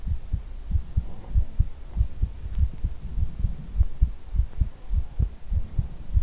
Heartbeat.